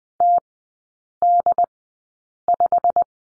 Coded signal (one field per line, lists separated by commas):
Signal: Morse code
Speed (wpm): 20 wpm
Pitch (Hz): 700 Hz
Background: none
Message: TD5